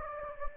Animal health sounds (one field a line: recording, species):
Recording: mosquito wingbeat signal from an infrared sensor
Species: Anopheles gambiae